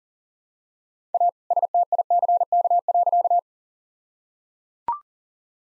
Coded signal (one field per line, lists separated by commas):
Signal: Morse code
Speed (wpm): 38 wpm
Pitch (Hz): 700 Hz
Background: none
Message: A STICK.